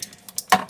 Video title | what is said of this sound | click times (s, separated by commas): An Electricians Day, fitting LED downlights, Smoke Alarm and CAT6 data sockets | But you've got to make sure it clicks when you push it down. It should make a loud sort of click sound, and that's when you know that it's done the job properly and it cuts the ends off the wires. | 0.4 s, 0.5 s